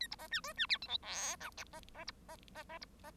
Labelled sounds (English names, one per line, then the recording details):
Bengalese Finch song
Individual Bird1